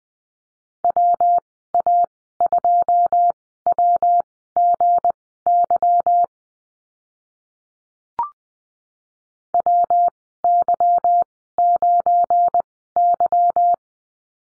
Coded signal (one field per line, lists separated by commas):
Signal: Morse code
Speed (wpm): 20 wpm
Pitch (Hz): 700 Hz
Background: none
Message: WA2WGY WY9Y